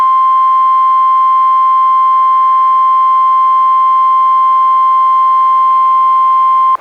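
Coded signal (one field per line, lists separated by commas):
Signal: Emergency Alert System (SAME) tones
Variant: 1050 Hz attention tone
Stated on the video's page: NOAA Weather Radio Special Marine Warning relayed from Astoria, recorded directly from a Reecom R-1630 weather radio via Zoom H1 recorder.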